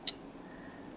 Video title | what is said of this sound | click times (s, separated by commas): Coding Fun with Ms. Brianne - March 8, 2021 | you just heard it click | 0.1 s